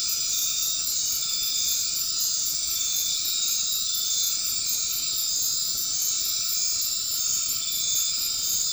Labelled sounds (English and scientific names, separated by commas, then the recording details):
none
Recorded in dense forest near Puerto Asís, Putumayo, Colombia, on 12 March 2025 at 20:00
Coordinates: 0.500, -76.322
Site GP06